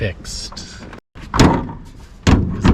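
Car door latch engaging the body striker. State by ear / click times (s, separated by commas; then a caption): not seated / none. Someone talks as the steel body door of an old station wagon is swung shut against its latch several times, with loud bangs near 1.4, 2.3 and 2.7 seconds. The car door latch never catches the body striker because the latch needs fixing, so nothing has clicked or latched yet.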